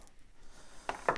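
The blue plastic locking ring on the power cord connector of an LGECON LG3200 dimmable LED grow light is turned clockwise after the male and female connectors are pushed together. After a quiet, faint background, two sharp clicks sound at 0.9 s and 1.1 s. The ring locks and the connector is seated and secure.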